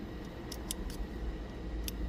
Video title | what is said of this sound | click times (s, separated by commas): ACSbyRoman.com - Install Mr12volt CarPlay / Android Auto 997.2 911 with satellite radio | it snaps right in and that's it for this | 1.9 s